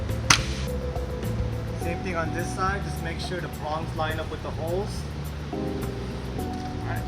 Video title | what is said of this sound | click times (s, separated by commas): 2013-2018 Dodge Ram 1500: Chrome to Painted Grille Conversion | You'll hear it click. | 0.3 s